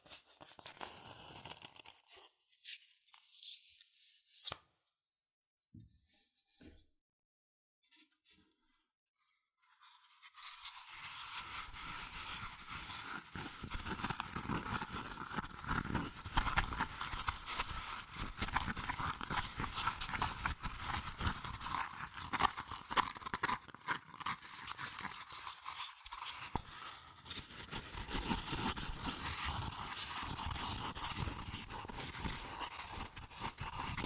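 Fast tapping, scratching and tracing on cardboard and paper. The first ten seconds hold scattered taps and short scrapes with near-silent gaps, then a dense, continuous run of quick rustling scratches takes over, bright and steady through to the end.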